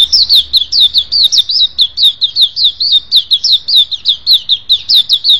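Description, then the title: Oriental magpie-robin song: a fast, steady run of high, looping whistled notes. "Kicau Kacer"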